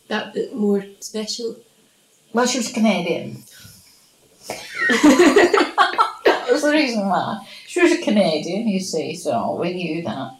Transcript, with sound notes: that bit more special?
Well she was Canadian. [laughs] That was the reason why. She was a Canadian, you see. So, we knew that.